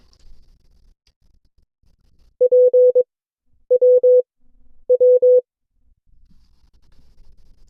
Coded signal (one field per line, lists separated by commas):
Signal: Morse code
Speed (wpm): 22 wpm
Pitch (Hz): 500 Hz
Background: none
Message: P W W